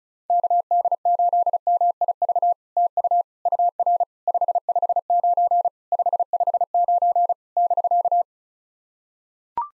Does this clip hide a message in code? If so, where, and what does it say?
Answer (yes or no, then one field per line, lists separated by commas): yes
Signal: Morse code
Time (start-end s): 0.3-8.2 s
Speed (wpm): 36 wpm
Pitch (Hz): 700 Hz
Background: none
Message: KD8MIV TU UR 559 559 <BK>